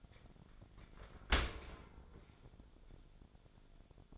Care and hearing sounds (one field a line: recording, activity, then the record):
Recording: daily activity, microphone in the room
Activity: open dishwasher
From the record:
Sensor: 5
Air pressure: 1006.8 hPa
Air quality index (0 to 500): 186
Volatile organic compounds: 5 ppm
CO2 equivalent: 1766 ppm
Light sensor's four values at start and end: 53/148/58/58 and 53/147/58/58